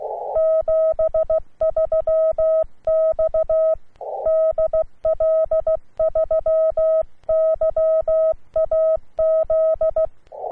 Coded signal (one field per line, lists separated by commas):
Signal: Morse code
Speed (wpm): 16 wpm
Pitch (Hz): 640 Hz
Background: none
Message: 73 X DL3YAZ